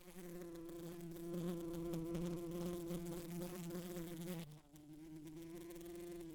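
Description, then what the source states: Bee gives a continuous low buzz that wavers a little, dips briefly, then carries on at a slightly steadier pitch. Buzzing against a window, in stereo.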